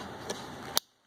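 A connector locking tab is pushed back into a harness plug after the plug is connected, on a PT6000 installation on a Carrier TRU. A loud, sharp snap at 0.8 s follows a softer tick near 0.3 s over a steady hum. The lock seats, and the hum drops away right after the snap.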